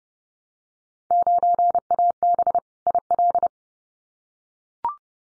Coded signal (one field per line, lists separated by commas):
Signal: Morse code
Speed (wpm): 30 wpm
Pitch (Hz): 700 Hz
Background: none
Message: 9AB IL